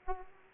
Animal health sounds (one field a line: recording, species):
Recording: mosquito wingbeat signal from an infrared sensor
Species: Aedes aegypti